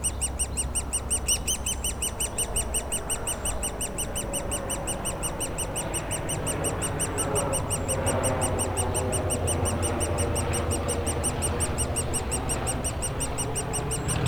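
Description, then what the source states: Woodpecker nestlings giving a rapid stream of shrill chirping begging calls, against a rumbling plane passing. Woodpecker nestlings squawking continuously in their cavity at the foot of a dead tree trunk, Bois Saint-Martin near Lognes aerodrome, Noisy-le-Grand, France; light aircraft and airliners flying overhead; recorded with a DR-40X.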